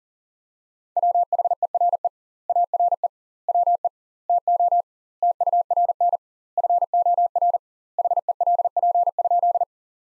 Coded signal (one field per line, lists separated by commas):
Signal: Morse code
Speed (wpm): 40 wpm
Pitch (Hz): 700 Hz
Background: none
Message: WHERE ARE WE TO TURN FOR HELP?